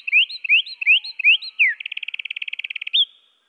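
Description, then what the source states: Eurasian wren song, lowered in pitch: several rising chirped notes, a downward slur, then a very fast buzzy trill and a short rising note to finish. Pitched down one octave.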